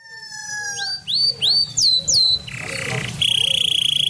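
Bird song: a sustained rich tone, then several rising whistled notes, followed by a buzzy burst and a high rapid trill, with low background noise.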